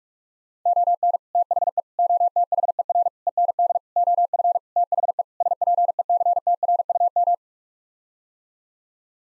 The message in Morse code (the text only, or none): ON THE OTHER END OF THE SPECTRUM